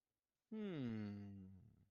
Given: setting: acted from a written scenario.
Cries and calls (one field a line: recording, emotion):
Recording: vocal sound without words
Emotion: interest